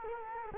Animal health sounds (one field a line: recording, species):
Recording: mosquito wingbeat signal from an infrared sensor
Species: Culex quinquefasciatus